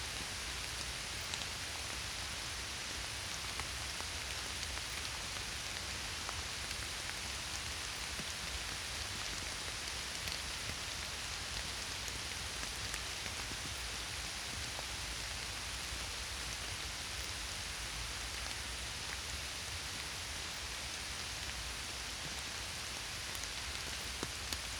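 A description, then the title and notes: Summer storm rain falls steadily in the forest, a dense, even hiss with faint drop taps and a low rumble underneath throughout. A Summer Storm. A big storm rolled in over Tübingen one summer evening. Recorded in the forest on the hill above our place, just as the first rain hit.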